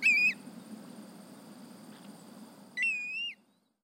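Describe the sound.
Black-bellied Plover call: a clear, plaintive whistle that rises and then falls slightly. One is cut short at the start and a full one comes near the end.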